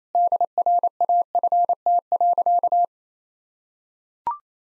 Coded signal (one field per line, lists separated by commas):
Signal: Morse code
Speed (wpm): 28 wpm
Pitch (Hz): 700 Hz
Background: none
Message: DRAFT.